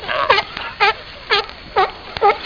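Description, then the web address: Seal calls: a series of short harmonic bleating cries repeated about every half second, over faint low background noise. "Micro RD-CD-ROM-Vol 1. seal"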